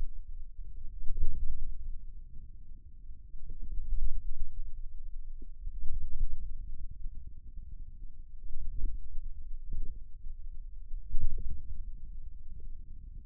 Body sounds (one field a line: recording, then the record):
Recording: forearm muscle sounds (acoustic myography)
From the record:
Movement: ulnar deviation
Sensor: system 2, bracelet of six BSWA MPA416 microphones around the upper forearm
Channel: 2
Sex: male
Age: 22 years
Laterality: right